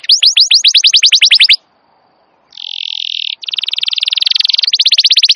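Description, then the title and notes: Atlantic canary song: a loud run of quick downslurred whistles, a short pause, then long, fast buzzy trills that roll on steadily. Long, vigorous (gacor) canary song used to lure canaries and as a master recording to train wild canaries. "Pikat Kenari GACOR PANJANG INI Cocok Untuk Masteran KENARI LIAR. Masteran burung kenari gacor parah"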